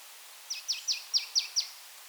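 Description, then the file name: Marsh tit uttering a run of six high, clipped descending notes, evenly spaced at about five per second. "Poecile palustris"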